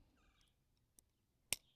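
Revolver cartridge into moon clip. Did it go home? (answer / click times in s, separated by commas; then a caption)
yes / 1.5 s. The last .357 Magnum cartridge is pressed with a loading tool into a metal moon clip for an eight-shot S&W 327 snub-nose revolver, filling the clip. Faint high tones fade out in the first half second, a light tick follows at 1.0 s, and a sharp, loud snap at 1.5 s is the cartridge seating in the clip.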